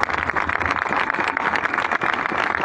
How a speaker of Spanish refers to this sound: Así que me parece que tenemos que celebrar esto. Un aplauso para todos.